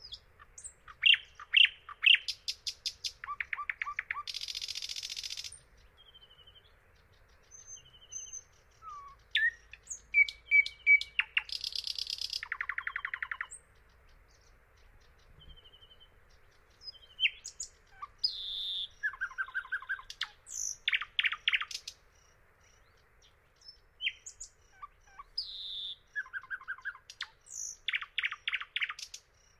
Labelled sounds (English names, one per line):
Thrush Nightingale song